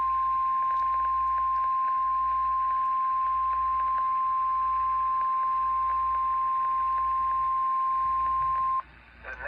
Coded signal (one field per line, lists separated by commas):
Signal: Emergency Alert System (SAME) tones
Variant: 1050 Hz attention tone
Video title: [EAS] Severe Thunderstorm Watch 6/14/24